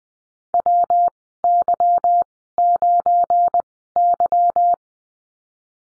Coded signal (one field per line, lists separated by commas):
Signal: Morse code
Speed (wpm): 20 wpm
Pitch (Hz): 700 Hz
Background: none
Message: WY9Y